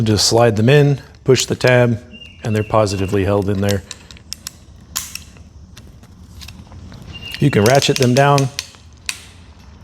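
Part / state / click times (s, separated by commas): ratchet mechanism of a hand crimping tool / torque reached / 9.1 s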